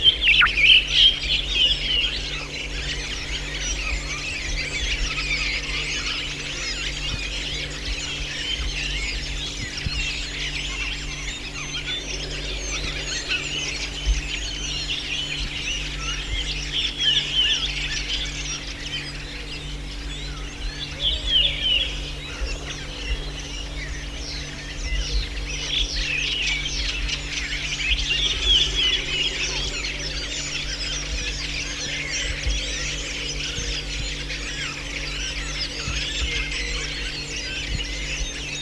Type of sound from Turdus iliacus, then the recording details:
call. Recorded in the wild. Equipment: Halbspur, 9,5 cm/s. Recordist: Lütgens, Hans